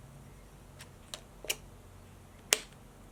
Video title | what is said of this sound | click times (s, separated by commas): How to Convert Chris King R45 to XDR Driveshell | put it in until it snaps | 2.5 s